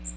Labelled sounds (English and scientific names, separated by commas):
Magnolia Warbler (Setophaga magnolia) flight call